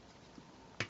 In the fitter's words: Tail Fins there and they click just nicely into position it has some nice little metal landing gears just there